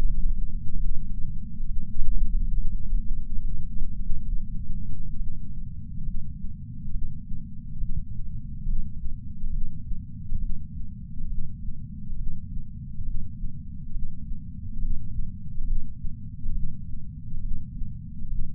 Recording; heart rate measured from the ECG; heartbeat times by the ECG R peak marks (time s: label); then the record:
heart sounds by patch sensor on the chest; 69 bpm
0.77 s: heartbeat
1.65 s: heartbeat
2.53 s: heartbeat
3.41 s: heartbeat
4.28 s: heartbeat
5.16 s: heartbeat
6.03 s: heartbeat
6.90 s: heartbeat
7.77 s: heartbeat
8.64 s: heartbeat
9.50 s: heartbeat
10.38 s: heartbeat
11.27 s: heartbeat
12.15 s: heartbeat
13.03 s: heartbeat
13.90 s: heartbeat
14.78 s: heartbeat
15.64 s: heartbeat
16.52 s: heartbeat
17.40 s: heartbeat
18.27 s: heartbeat
From the record:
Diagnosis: coronary artery disease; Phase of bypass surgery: postoperative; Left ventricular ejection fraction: 66.9%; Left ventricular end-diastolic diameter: 46 mm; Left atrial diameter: 29 mm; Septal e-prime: 7.1 cm/s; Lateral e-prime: 13.1 cm/s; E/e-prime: 6.9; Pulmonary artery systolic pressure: 30 mmHg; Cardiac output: 7.9 L/min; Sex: male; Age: 62 years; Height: 172 cm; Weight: 60 kg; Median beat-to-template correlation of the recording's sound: 0.92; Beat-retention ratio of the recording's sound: 1.00